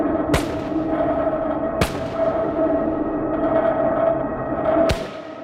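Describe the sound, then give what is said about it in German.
Three sharp gunshots crack out, two about a second and a half apart, then a longer pause before the third, each ringing out briefly over a steady, droning background hum. “Kurz zuvor hatten wir zwei Schüsse gehört und danach noch einen.”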